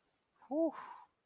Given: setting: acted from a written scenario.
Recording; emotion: vocal sound without words; contentment